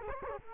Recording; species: mosquito wingbeat signal from an infrared sensor; Culex quinquefasciatus